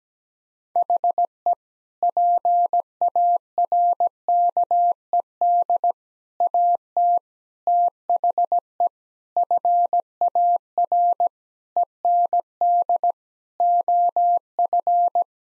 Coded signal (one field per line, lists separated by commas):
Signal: Morse code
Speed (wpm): 17 wpm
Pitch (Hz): 700 Hz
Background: none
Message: HE PARKED AT THE FAR END OF